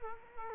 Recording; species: mosquito wingbeat signal from an infrared sensor; Culex quinquefasciatus